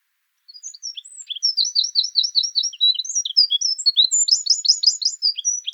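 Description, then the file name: Eurasian wren delivering an energetic cascade of shrill notes and fast trills, varied in pitch, running without pause to the end. "Troglodytes troglodytes"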